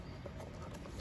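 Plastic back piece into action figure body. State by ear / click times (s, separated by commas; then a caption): not seated / none. A plastic back piece for a Marvel Legends M.O.D.O.K. action figure is being handled and lined up with the holes in the figure's body. Only soft, low handling noise is heard, with one faint tap at 0.3 s. Nothing has seated or clicked yet.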